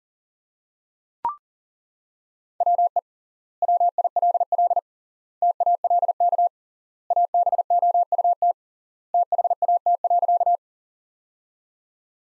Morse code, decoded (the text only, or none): WE WILL TALK ABOUT THAT.